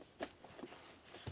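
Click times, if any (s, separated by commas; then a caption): none. Plastic retaining clips on the rear seat trim mount of a 2001-2007 Toyota Highlander are handled and pressed down during an electric fuel pump replacement. A short sharp knock comes at about 0.2 s, followed by soft rustling and handling noises and another brief knock near the end. The clip ends before the clips go home, and nothing has seated or clicked yet.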